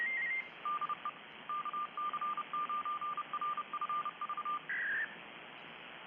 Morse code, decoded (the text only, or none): DE KC9RFV